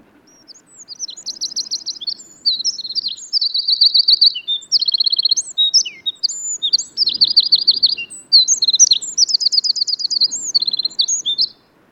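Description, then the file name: Eurasian wren singing a loud, rapid, high-pitched stream of rattling trills and chips lasting about eleven seconds, with soft low background noise beneath. "Troglodytes troglodytes"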